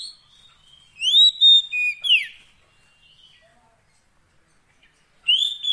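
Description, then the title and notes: Oriental magpie-robin song: a short burst of loud whistled phrases with rising and falling slurred notes, then a long pause before another phrase begins. Long-duration fill-in song to get the bird singing eagerly day and night. "Kacer Jadi Gacor Siang Malam. Isian Kacer Durasi Panjang"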